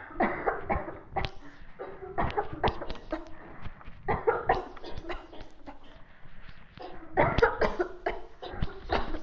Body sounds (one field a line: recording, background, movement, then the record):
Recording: voluntary coughing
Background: a bystander coughing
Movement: walking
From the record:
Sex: female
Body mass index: 18.8 kg/m2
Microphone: on the chest, facing the body